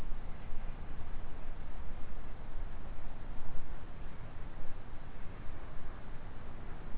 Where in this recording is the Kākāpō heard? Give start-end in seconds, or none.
none